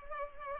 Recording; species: mosquito wingbeat signal from an infrared sensor; Culex pipiens